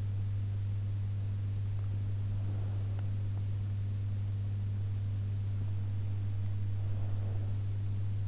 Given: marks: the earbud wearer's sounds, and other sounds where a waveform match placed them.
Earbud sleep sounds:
sounds in sleep by an in-ear microphone; breath
2.16-3.67 s: breath
6.81-8.28 s: breath

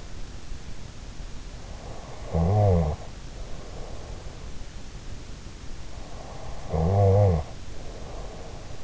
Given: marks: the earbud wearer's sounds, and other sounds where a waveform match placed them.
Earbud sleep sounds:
sounds in sleep by an in-ear microphone; snoring breath
1.92-4.09 s: snoring breath
6.09-8.83 s: snoring breath

